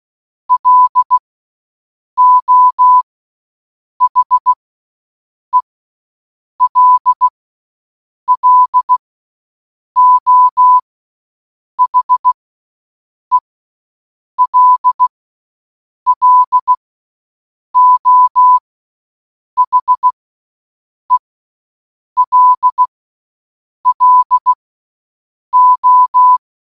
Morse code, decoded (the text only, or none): LO HELLO HELLO HELLO